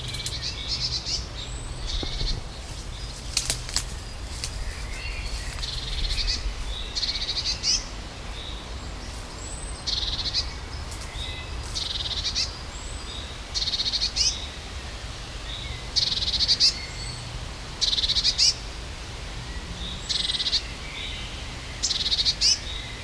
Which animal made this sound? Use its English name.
Eurasian Blue Tit